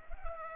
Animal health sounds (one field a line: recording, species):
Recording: mosquito wingbeat signal from an infrared sensor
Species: Culex pipiens